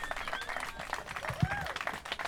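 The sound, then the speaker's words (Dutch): An audience applauds to welcome two performers, one of whom plays glasses and guitar, with a steady, dense patter of clapping, mixed with crowd voices and a few rising whistles over the top, lasting a couple of seconds. “En ik wil jullie allemaal vragen voor een hard, maar ook zacht applaus om hun welkom te heten.”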